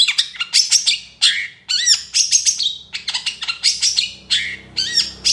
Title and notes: Cendet Gacor Dor Di Kala Pagi Toet Toet Variasi Suara. CENDET GACOR DOR FULL ISIAN COCOK UNTUK PANCINGAN & MASTERAN CENDET APAPUN - PENTET GACOR DOR. Burung cendet